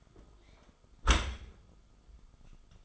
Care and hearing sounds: daily activity, microphone in the room; close dishwasher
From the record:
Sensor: 5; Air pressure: 1004.7 hPa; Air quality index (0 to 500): 92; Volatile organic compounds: 2 ppm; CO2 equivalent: 1106 ppm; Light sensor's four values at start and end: 33/75/31/30 and 32/74/30/29

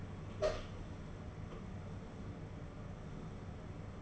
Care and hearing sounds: daily activity, microphone in the room; open door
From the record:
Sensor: 4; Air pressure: 1015.9 hPa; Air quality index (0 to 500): 203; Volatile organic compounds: 11 ppm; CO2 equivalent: 2320 ppm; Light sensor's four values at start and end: 9/20/8/7 and 9/20/8/7

